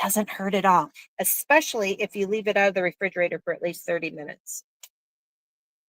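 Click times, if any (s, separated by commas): 4.8 s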